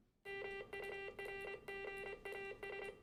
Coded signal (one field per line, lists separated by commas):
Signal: Morse code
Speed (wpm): 26 wpm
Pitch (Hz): 1550 Hz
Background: music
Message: MURGAS